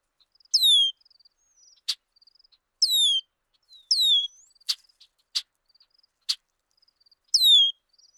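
Bird song of repeated high, descending whistled phrases, alternating with sharp clicking ticks and soft twittering notes.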